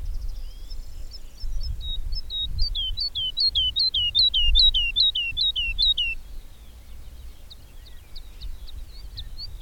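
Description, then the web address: Bird singing high thin notes that build into a quick sequence of down-slurred chirps, then fade into a few sparse calls; low rumbling noise. "madarak enek"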